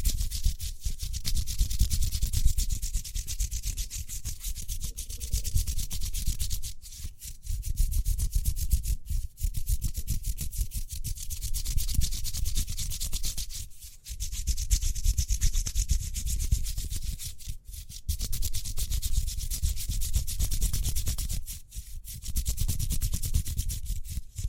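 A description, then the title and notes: Speedy hand sounds: fast, steady rubbing strokes with a hissy, rough texture, broken by brief pauses near 7, 9, 14, 17 and 21 seconds. ASMR Speedy Hand Sounds (No Talking).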